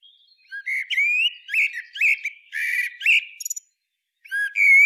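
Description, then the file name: Common blackbird song, a string of fluted notes with buzzy overtones ending in quick clipped twitters, followed by a short gap and a fresh whistled phrase. "Turdus merula"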